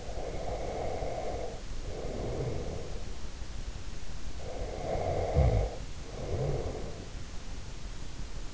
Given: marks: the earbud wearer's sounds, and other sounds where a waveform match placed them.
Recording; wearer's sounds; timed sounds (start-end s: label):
sounds in sleep by an in-ear microphone; breath, snoring breath
0.00-3.08 s: breath
4.41-7.21 s: snoring breath